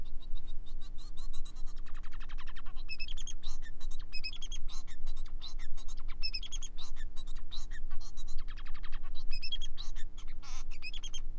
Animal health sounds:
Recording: song of a male Bengalese finch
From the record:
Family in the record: son of father 4

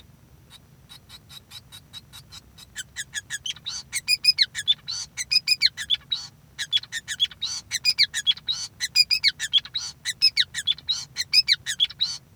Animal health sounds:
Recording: song of a male Bengalese finch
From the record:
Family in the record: son of father 5

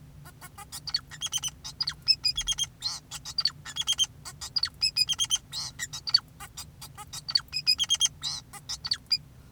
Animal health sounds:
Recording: song of a male Bengalese finch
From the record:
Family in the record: son of father 2, and himself father 4

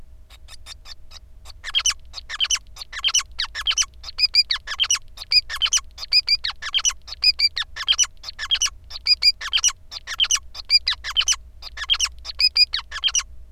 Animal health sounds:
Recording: song of a male Bengalese finch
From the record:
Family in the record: son of father 5

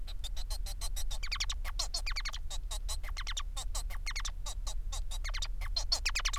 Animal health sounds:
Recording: song of a male Bengalese finch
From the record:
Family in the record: son of father 4

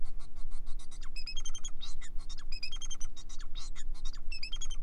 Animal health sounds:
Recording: song of a male Bengalese finch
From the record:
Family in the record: son of father 4

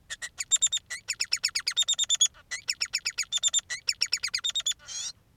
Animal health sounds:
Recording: song of a male Bengalese finch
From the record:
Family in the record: son of father 3

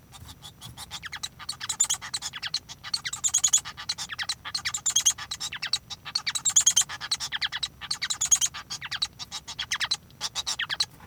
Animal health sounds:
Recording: song of a male Bengalese finch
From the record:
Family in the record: son of father 1

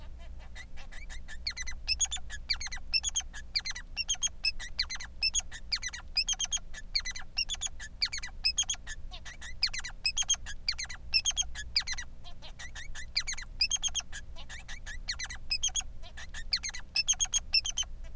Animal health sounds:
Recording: song of a male Bengalese finch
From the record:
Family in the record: son of father 3

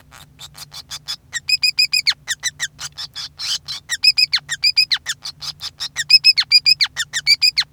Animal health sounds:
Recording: song of a male Bengalese finch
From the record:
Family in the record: son of father 5

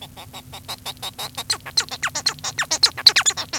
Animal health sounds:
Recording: song of a male Bengalese finch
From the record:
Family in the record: son of father 1

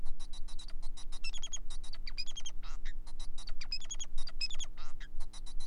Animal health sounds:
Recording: song of a male Bengalese finch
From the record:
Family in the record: son of father 4

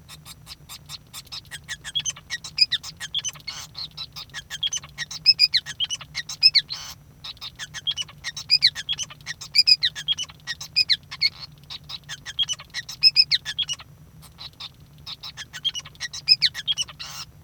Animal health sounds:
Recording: song of a male Bengalese finch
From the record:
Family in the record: son of father 5

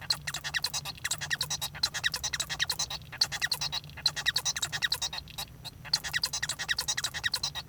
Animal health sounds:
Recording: song of a male Bengalese finch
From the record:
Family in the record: son of father 1

